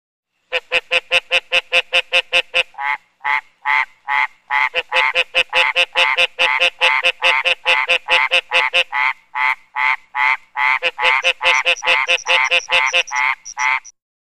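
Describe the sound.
Frog giving a long, rapid series of croaks.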